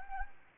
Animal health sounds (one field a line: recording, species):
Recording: mosquito wingbeat signal from an infrared sensor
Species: Anopheles arabiensis